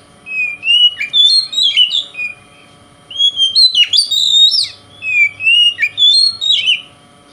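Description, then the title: Oriental magpie-robin delivering quick, warbled whistles with sharp slurred notes in three phrases. Indonesian name kacer; song style called konslet, said to provoke other magpie-robins. "Kacer Konslet Bikin Kacer Lain"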